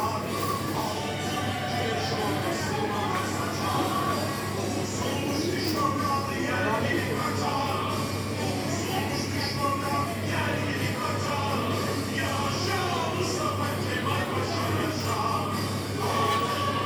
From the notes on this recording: Chocolate waterfall with the Izmir March playing in the background